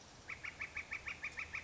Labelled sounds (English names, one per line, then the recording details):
Northern Flicker
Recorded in Sonoma County, California